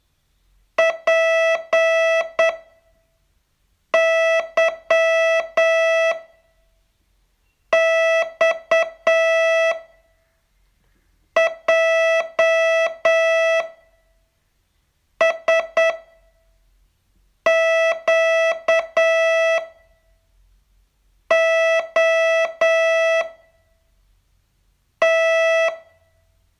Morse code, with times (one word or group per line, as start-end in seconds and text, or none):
0.8-6.1 PY
7.7-9.7 X
11.4-13.6 J
15.2-19.6 SQ
21.3-23.2 O
25.0-25.7 T